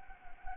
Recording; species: mosquito wingbeat signal from an infrared sensor; Anopheles gambiae